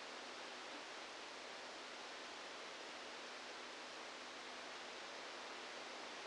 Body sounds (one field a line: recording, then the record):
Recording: brain microelectrode recording played as sound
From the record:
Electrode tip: outside the subthalamic nucleus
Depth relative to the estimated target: -8 mm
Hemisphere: left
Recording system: NeuroSet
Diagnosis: Parkinson's disease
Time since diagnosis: 27 years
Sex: male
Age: 62 years